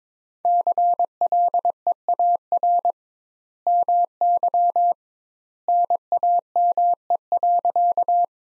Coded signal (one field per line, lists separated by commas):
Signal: Morse code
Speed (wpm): 22 wpm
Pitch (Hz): 700 Hz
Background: none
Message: CLEAR MY NAME.